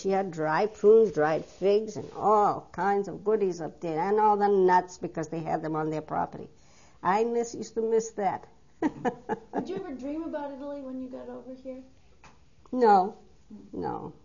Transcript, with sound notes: She had dried prunes, dried figs and all kinds of goodies up there and all the nuts because they had them on their property. I miss, I used to miss that (she laughs)
Would you ever dream about Italy when you got over here?
No, no.